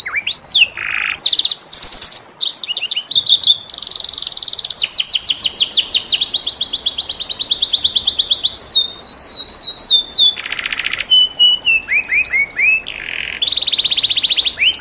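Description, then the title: Domestic canary in continuous varied song, switching among rapid rolling trills, buzzy passages and sharp high whistled sweeps without pause. Domestic canary in vigorous singing (gacor), with its finest song phrasing (cengkok) and richest fill-in notes (isian). "Kenari Gacor Cengkok Terbaik Isian Paling Mewah"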